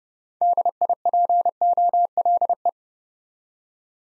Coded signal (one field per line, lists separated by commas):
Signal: Morse code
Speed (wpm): 38 wpm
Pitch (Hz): 700 Hz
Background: none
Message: DIPOLE